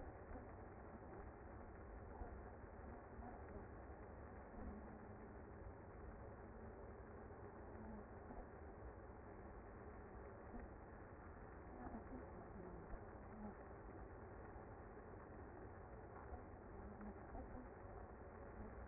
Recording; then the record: honeybee colony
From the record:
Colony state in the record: active